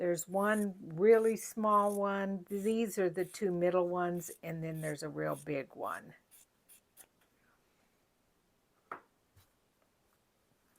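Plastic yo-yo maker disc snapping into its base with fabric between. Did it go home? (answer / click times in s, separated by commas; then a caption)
no / none. Someone talks for about six seconds, then quiet handling follows as fabric is pressed into a plastic yo-yo maker, with brief sharp sounds near 8.9 s and 10.8 s. The plastic disc has not yet snapped into its base over the fabric; nothing has seated or clicked yet.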